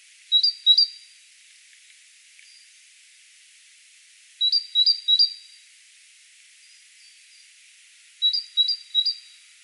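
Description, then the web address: Great tit giving short runs of sharp, high two-part notes, three groups spaced about four seconds apart against faint background hiss. "SETE data Parus major"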